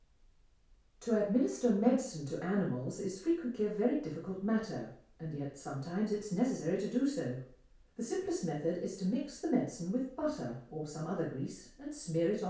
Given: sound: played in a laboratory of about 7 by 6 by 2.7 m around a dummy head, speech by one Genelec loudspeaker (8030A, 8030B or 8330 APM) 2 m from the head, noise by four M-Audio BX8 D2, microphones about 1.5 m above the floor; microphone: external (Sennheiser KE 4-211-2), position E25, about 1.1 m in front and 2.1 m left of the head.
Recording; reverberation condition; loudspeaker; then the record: female speech in English; medium; in front (0 degrees)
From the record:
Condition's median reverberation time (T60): about 510 ms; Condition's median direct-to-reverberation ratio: about -0.5 dB